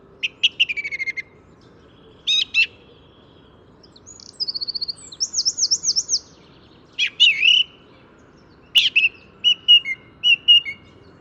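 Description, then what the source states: Song Thrush singing a varied series of phrases, including quick repeated notes, a buzzy wavering run and short whistled motifs separated by brief pauses, over a low background hum. Singing in spring, resuming its song just after landing on a branch in front of the recordist.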